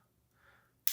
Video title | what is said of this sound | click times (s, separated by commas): Every setting on GoPro Hero 7 Black - Video Manual - Features Overview | push it there, snaps right in, and you're good to go. | 0.9 s